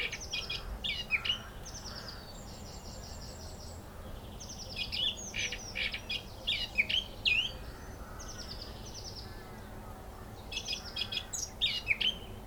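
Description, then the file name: Eurasian blackcap delivering short warbled phrases at fairly regular intervals, each with scratchy notes and a brighter ending. "Sylvia atricapilla"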